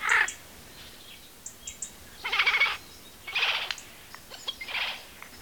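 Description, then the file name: Eurasian jay calling with a series of four harsh, raspy screeches. "Garrulus glandarius"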